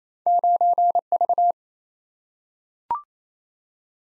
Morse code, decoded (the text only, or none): 9V